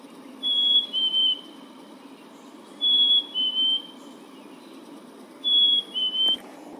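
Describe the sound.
Bird song: paired whistled notes, the second slightly lower, repeated about every two and a half seconds, three phrases in all.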